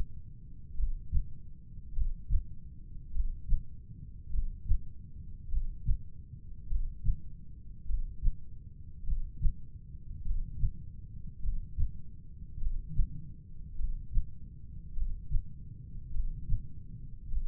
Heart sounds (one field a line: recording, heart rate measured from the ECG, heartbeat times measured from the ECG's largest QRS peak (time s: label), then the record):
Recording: heart sounds by stethoscope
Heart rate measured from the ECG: 51 bpm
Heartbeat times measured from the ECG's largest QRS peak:
0.78 s: heartbeat
1.96 s: heartbeat
3.15 s: heartbeat
4.33 s: heartbeat
5.52 s: heartbeat
6.70 s: heartbeat
7.89 s: heartbeat
9.07 s: heartbeat
10.25 s: heartbeat
11.43 s: heartbeat
12.61 s: heartbeat
13.79 s: heartbeat
14.97 s: heartbeat
16.14 s: heartbeat
17.32 s: heartbeat
From the record:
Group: heart failure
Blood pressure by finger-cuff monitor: 90/53 mmHg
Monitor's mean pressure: 62 mmHg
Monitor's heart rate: 51 bpm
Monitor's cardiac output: 3.5 L/min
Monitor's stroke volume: 69 mL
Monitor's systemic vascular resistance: 1260 dyn s/cm5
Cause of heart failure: cardiac sarcoid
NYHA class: 1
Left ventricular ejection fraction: 39%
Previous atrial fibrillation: present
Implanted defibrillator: present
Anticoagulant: apixaban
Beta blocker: carvedilol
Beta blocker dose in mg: 50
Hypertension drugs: ramipril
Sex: male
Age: 79 years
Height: 184 cm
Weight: 92.5 kg